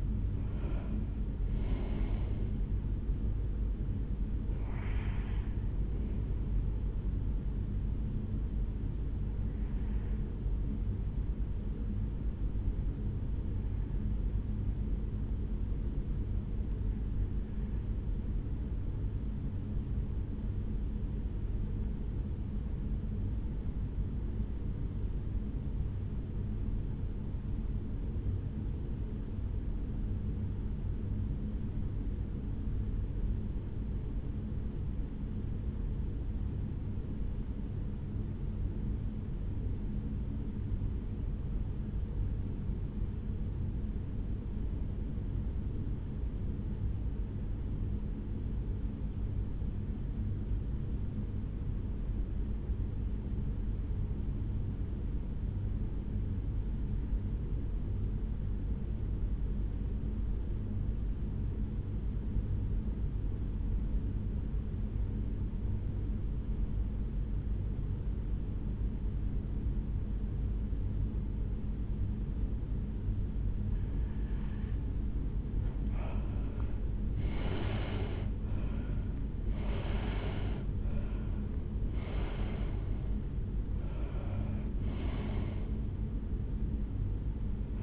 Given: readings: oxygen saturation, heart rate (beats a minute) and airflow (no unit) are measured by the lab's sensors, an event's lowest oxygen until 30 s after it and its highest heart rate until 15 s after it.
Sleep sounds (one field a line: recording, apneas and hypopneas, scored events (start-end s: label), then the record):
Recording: breathing in sleep by a smartphone at the bedside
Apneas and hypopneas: 1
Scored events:
14.00-74.90 s: hypopnea (N1, oxygen 96% highest, then 70% lowest, heart rate 61 at the start, 85 highest)
16.00-76.00 s: new sleep stage, REM sleep
76.00-87.83 s: new sleep stage, N1 (lightest sleep)
From the record:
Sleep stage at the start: N1 (lightest sleep)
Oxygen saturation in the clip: 73 to 96%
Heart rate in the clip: 58 to 85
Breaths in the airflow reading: 14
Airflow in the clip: -11.5 to 8.5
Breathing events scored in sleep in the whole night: 449 in 7.0 hours asleep